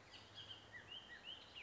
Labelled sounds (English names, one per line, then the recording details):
Bullock's Oriole
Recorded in Sonoma County, California